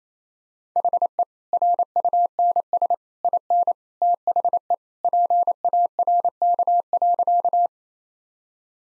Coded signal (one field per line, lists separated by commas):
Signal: Morse code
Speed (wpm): 28 wpm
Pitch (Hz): 700 Hz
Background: none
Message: HE RUNS IN THE PARK.